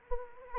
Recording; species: mosquito wingbeat signal from an infrared sensor; Anopheles arabiensis